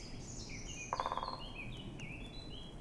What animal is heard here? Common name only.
Great Spotted Woodpecker